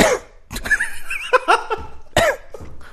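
A run of about four or five short, harsh coughs from an adult who feels unwell, coughing straight into the microphone.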